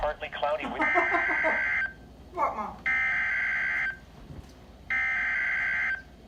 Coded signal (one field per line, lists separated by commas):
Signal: Emergency Alert System (SAME) tones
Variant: header bursts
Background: speech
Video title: EAS Alert #16 (Severe Thunderstorm Warning #11) 5/30/18